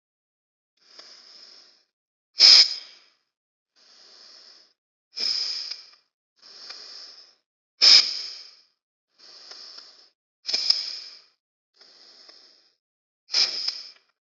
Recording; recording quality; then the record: deep breathing; excellent, no background noise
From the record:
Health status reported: respiratory illness, not identified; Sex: female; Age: 22 years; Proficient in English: yes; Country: India